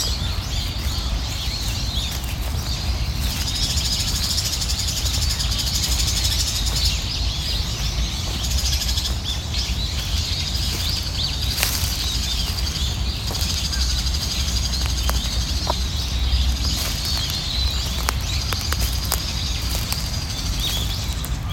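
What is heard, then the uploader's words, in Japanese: A bird gives clattering, rattling calls, with bright, high chirps running through most of the clip and sharp clicks at around 7, 11 and 15 to 16 seconds. Under it, a steady, heavy low rumble holds at a constant level throughout. 公園の朝散歩より604カタカタ鳴く鳥。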